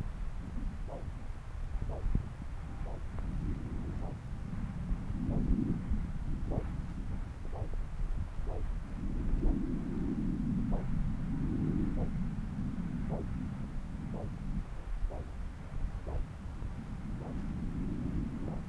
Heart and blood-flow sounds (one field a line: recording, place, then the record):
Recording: Doppler ultrasound of blood flow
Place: right subclavian vein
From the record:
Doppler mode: continuous wave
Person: adult scuba diver, at rest before a dive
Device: O'Dive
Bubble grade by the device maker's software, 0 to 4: 0